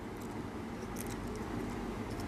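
A steel split ring is worked around the ring on a fishing lure's tow point over a steady background hiss with faint metallic jingles. A single short, sharp click at 1.0 seconds marks the ring seating fully home on the lure eye.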